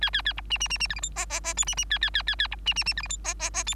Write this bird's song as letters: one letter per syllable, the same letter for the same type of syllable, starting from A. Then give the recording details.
A A A B C C C C D E F G G G H C C A A A A A B C C C D E F G G G H. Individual Bird3